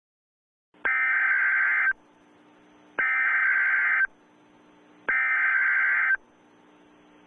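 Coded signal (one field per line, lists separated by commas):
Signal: Emergency Alert System (SAME) tones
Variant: header bursts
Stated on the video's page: Fictional EAS scenario remake based on SCP Foundation content.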